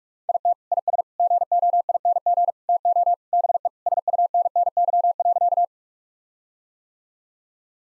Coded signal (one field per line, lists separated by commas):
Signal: Morse code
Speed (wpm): 48 wpm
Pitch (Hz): 700 Hz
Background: none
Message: IT IS GOING TO BE SUNNY.